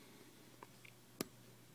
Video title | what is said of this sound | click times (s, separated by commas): Botcon 2010 CINDERSAUR | and there you go you kind of want to hear it snap just go ahead and | 1.2 s